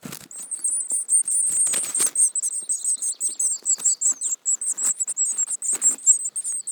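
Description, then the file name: Eurasian Blue Tit calls, a busy, nearly unbroken chatter of shrill high notes, punctuated by several bursts of rustling or fluttering. "Cyanistes caeruleus"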